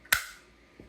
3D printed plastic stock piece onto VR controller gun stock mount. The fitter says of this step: As we rotate it, you'll hear it snap into position.